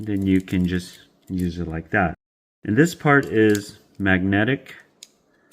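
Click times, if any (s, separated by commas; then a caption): 5.0 s. Someone talks, then a metal screwdriver bit is pushed into the magnetic bit holder of a Grand Harvest 25-in-1 multitool. It snaps into place with a sharp click at 5.0 s, followed by a fainter tick at 5.5 s. The bit is seated.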